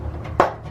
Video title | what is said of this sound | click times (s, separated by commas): Hardbody Gets Side Markers | here's a satin here's a side marker so just pops | 0.4 s